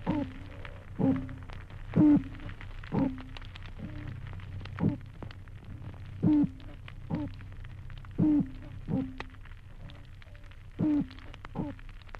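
Toadfish song: many short low hooting grunts, some louder and ringing, over a steady low underwater hum.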